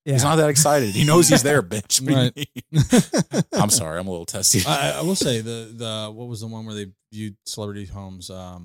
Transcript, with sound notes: He's not that excited, he knows he's there, bitch. (laughing)
I'm sorry, I'm a little testy.
I will say, what was the one where they viewed celebrity homes?